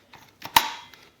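After rinsing, the plastic filter lid of a Hoover PowerDrive Pet vacuum's dust cup is lined up with its silver part facing the right way and twisted back into the cup. Faint plastic ticks at 0.1 and 0.5 s lead to a sharp, bright click at 0.6 s that rings briefly, followed by a small tap at 0.9 s. The lid locks in place.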